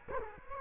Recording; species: mosquito wingbeat signal from an infrared sensor; Culex quinquefasciatus